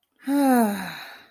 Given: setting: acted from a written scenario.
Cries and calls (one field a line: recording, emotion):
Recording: vocal sound without words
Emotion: relief